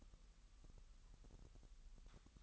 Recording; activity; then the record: daily activity, microphone in the room; take from stove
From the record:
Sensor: 3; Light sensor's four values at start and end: 6/15/6/6 and 6/15/6/6